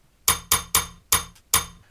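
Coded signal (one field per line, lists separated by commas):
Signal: bell signal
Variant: UK block bell code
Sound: five bright metallic bell strikes: three quick, then one, then one more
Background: small room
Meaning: Is line clear for a class 4 freight train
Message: 3-1-1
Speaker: Green Lane offers us a class 4 train.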